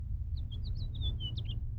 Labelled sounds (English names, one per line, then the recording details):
House Finch song
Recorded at Lawrence on Long Island, New York, on 4 June 1975
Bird F